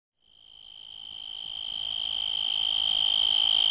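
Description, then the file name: Insect call: a continuous high-pitched, finely pulsed trill on one steady pitch, swelling gradually louder from start to finish. "insetti insect"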